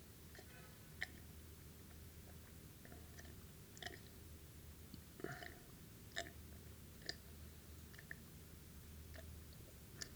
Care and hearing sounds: daily activity, guitar pickup as the sensor; drink water

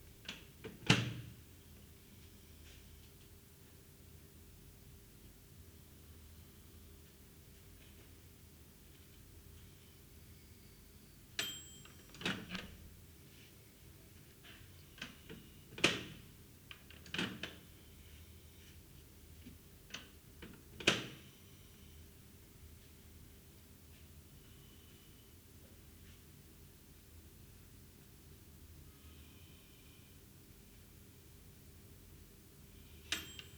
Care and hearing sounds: daily activity, guitar pickup as the sensor; use microwave

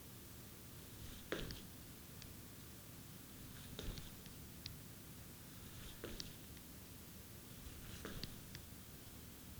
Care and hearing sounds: daily activity, guitar pickup as the sensor; jump

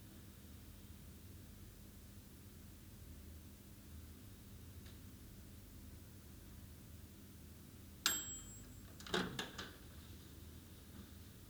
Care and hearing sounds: daily activity, guitar pickup as the sensor; use microwave

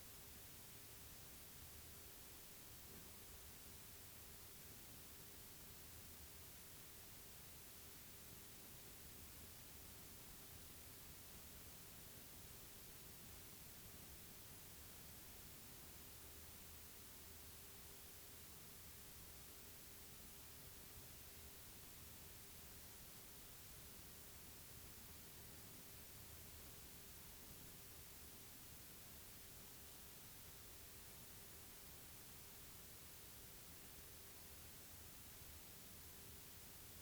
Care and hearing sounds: daily activity, guitar pickup as the sensor; sit

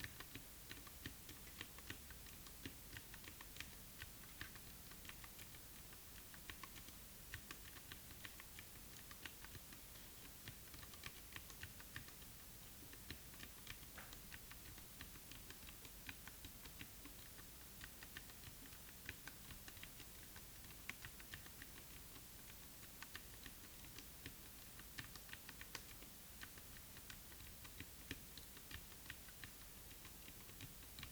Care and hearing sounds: daily activity, guitar pickup as the sensor; type

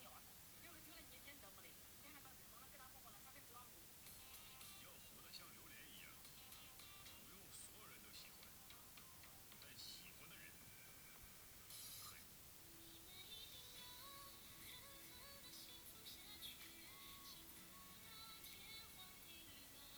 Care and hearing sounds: daily activity, guitar pickup as the sensor; browse video

